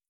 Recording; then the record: hydrophone in a shrimp aquaculture tank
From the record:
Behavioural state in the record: feeding